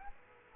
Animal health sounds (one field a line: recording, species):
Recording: mosquito wingbeat signal from an infrared sensor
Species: Aedes aegypti